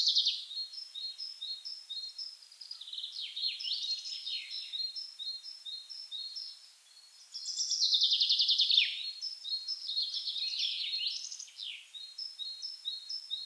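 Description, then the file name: Common chaffinch song: repeated bright phrases of quick downslurred notes in a tumbling trill, with a steady series of thin high tonal notes running alongside throughout. "Fringilla coelebs"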